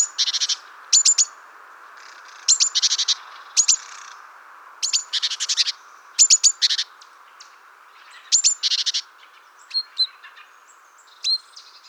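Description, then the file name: Great tit calling in short bursts of sharp, high chattering notes, repeated at short, irregular intervals. "Parus major"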